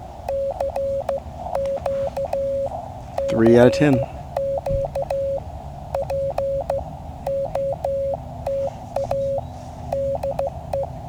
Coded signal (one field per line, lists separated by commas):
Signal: Morse code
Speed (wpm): 14 wpm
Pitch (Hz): 550 Hz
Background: speech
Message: CQ CQ POTA DE